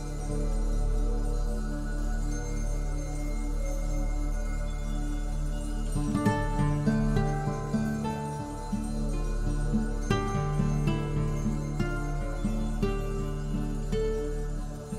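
Slow, relaxing music built on warm, sustained low tones that hold steady for the first few seconds. From about six seconds, soft melodic notes enter and change every second or so over the drone, keeping an even, moderate loudness throughout.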